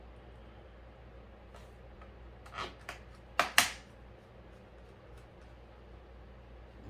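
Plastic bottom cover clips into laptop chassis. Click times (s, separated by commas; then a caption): 3.4 s, 3.6 s. While reassembling an HP 15-da0033wm laptop after swapping in an HT03XL battery, the plastic bottom cover is pressed down onto the chassis where it had not yet been pushed fully into position. After faint ticks around 2.5 and 2.9 seconds, its clips give two sharp clicks at 3.4 and 3.6 seconds over a low steady hum. The cover clips snap into place and the case is seated.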